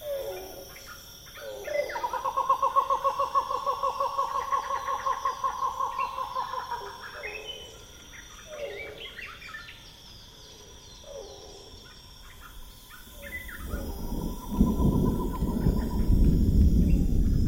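Rainforest ambience with a steady, shrill insect chorus running high throughout. A long, pulsing, gobbling call fills roughly two to seven seconds, followed by shorter repeats, then a deep, loud rumbling swells in from about fourteen seconds to the end.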